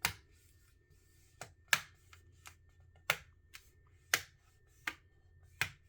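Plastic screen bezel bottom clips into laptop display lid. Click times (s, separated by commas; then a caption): 0.1 s, 1.7 s, 3.1 s, 4.1 s, 4.9 s, 5.6 s. The bottom edge of a plastic screen bezel on an MSI Delta 15 A5EFK laptop is pressed along its length into the display lid. Sharp snaps are heard at 0.1, 1.7, 3.1, 4.1, 4.9 and 5.6 seconds, with fainter ticks between them. Each bottom clip seats into the lid one by one.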